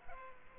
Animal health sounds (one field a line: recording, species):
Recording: mosquito wingbeat signal from an infrared sensor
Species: Culex pipiens